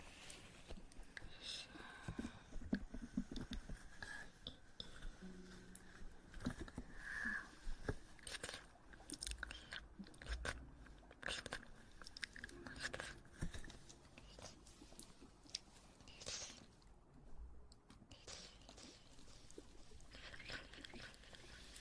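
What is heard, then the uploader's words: Eating sounds: wet chewing, small bites and crackles arrive in quick irregular bursts across the whole stretch. Sharp clicks and smacks stand out against a soft, steady hiss, with occasional low murmurs and a brief tonal squeak around seven seconds. Ear eating.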